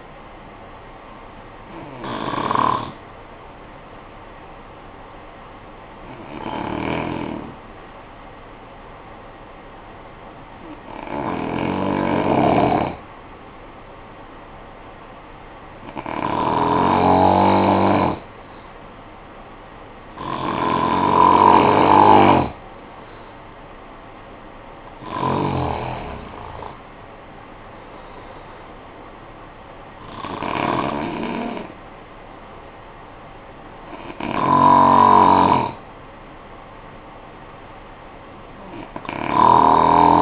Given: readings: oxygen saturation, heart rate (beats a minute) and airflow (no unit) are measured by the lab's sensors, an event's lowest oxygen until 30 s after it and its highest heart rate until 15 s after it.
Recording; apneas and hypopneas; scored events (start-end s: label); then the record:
breathing in sleep by a voice recorder at the bedside; 1
3.00-25.00 s: hypopnea (N1, oxygen 95% highest, then 88% lowest, heart rate 50 at the start, 64 highest)
From the record:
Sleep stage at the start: N1 (lightest sleep); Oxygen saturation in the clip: 80 to 95%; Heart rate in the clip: 50 to 64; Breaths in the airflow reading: 8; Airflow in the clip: -8.5 to 8.0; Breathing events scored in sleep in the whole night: 445 in 7.6 hours asleep